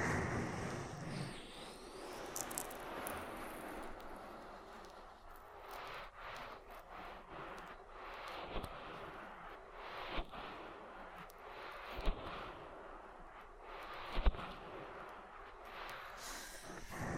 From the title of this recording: Oil Ear Massage